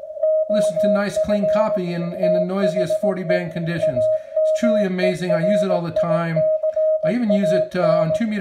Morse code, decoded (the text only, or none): OF THE AMERICAN